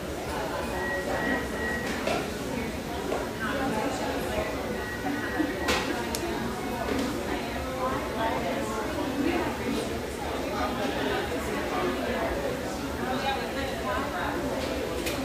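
Steady crowd chatter fills a casual eatery, with overlapping voices, occasional clinks of dishes and cutlery, and a constant murmur throughout.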